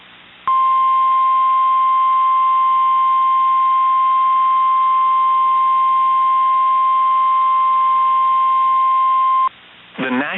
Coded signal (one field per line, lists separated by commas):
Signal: Emergency Alert System (SAME) tones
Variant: 1050 Hz attention tone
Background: speech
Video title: 4/24/24 - Tornado Warning on KIH61 (EAS #1059)